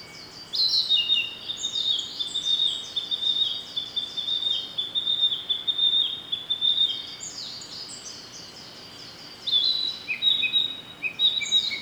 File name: rodolphe alexis - narcissus flycatcher